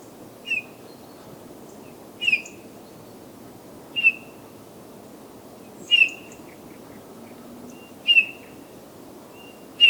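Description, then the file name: Eurasian bullfinch giving soft, short, piping whistled calls, repeated about every two seconds against a quiet background. "Pyrrhula pyrrhula"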